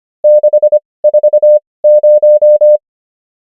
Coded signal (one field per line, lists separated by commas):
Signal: Morse code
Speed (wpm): 25 wpm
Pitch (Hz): 600 Hz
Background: none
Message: 640